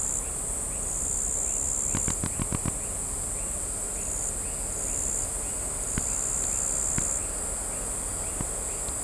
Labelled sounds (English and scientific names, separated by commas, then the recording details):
none
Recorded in shrubland near Pivijay, Magdalena, Colombia, on 3 June 2023 at 18:30
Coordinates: 10.453, -74.365
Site P5-G022